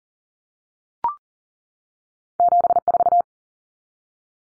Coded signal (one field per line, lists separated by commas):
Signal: Morse code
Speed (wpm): 40 wpm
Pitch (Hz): 700 Hz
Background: none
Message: 74